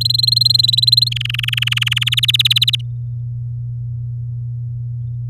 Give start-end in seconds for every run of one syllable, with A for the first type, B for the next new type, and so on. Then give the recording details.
0.01-1.09 A, 1.11-2.04 B, 2.06-2.75 C. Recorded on 7 May 2018 at 14:51. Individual llb16